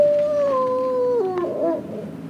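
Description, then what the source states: Wolf howl, a long smooth tone falling slowly in steps, ending in a brief wavering whine. Rescued wolf named Malo at a wolf sanctuary in the high desert north of Los Angeles, leading troubled teens up a mountain in the Wolf Connection youth program.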